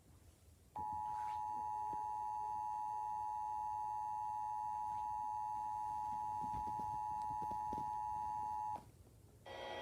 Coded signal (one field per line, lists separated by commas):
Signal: Emergency Alert System (SAME) tones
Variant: 853 and 960 Hz attention tone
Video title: TOR for Des Moines #EAS